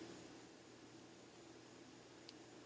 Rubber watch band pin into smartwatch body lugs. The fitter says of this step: just push straight down until it clicks in which